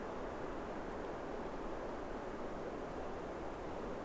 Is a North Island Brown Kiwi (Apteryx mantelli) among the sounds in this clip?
no